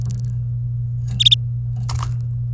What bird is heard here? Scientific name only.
Serinus canaria